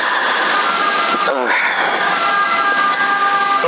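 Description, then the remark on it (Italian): An ambulance siren wails in a steady, sustained tone as it passes along a street used as an ambulance route in Sassari, heard beneath people talking over a constant muffled background hum. “Venesse in ambulanza, ne passa una ogni 10 minuti.”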